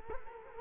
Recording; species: mosquito wingbeat signal from an infrared sensor; Culex quinquefasciatus